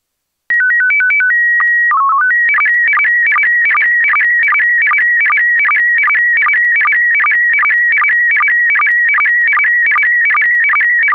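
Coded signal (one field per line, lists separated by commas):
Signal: SSTV (slow-scan television)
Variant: PD50 mode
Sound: quick stepping beeps, a steady leader tone, then rhythmic warbling chirps with regular ticks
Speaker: Tot zover het nieuws van vandaag. Volgt nu dus het iets langere grote SSTV-plaatje in kleur in de mode PD50 en daarna de mossen.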